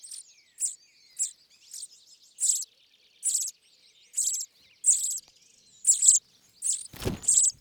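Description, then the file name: Common chaffinch calling: short, bright, high notes repeated at intervals of under a second, with a brief low thump near the end. "Fringilla coelebs"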